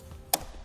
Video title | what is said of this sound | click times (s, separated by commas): etrailer - Checking Out the Thule ProBar Evo Roof Rack for Fixed Mounting Points | thing I like about these they click into place so they're gonna hold ourselves in position | 0.3 s